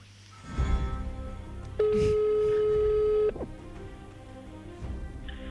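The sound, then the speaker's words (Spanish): A single steady telephone ringback tone, heard while a phone call is being placed, sounds for about a second and a half, a flat buzzy hum standing out over low background noise and faint rustling. “Venga, no sé si lo va a coger, pero... ¿Se oye? Esta gente que nos va a vetar el teléfono ya.”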